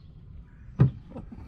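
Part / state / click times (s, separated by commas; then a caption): bulb socket into car tail light housing / seated / 0.8 s. A new bulb's plastic socket is twisted into the tail light housing of a 2017-2023 Chrysler Pacifica and turned until it locks. A sharp click at 0.8 s marks the socket seating home, followed by a few softer handling sounds.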